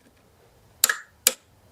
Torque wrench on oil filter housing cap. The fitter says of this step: make sure you don't cross thread it as well once you hear the click from the toor stop listen now